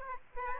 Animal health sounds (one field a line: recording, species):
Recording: mosquito wingbeat signal from an infrared sensor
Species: Aedes aegypti